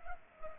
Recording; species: mosquito wingbeat signal from an infrared sensor; Culex pipiens